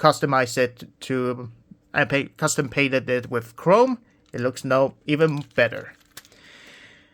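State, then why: Seated. Someone talks while the plastic back grill of a transforming robot toy is hooked and pressed home into the truck body. One sharp click sounds at 6.2 s, followed by a faint rustle, and the grill piece snaps into place and is seated.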